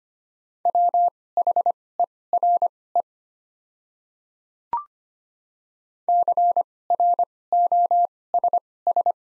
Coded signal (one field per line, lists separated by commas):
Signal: Morse code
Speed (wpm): 25 wpm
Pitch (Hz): 700 Hz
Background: none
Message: WHERE CROSS